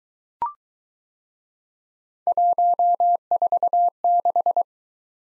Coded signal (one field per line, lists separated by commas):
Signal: Morse code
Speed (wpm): 22 wpm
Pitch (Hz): 700 Hz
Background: none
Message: 146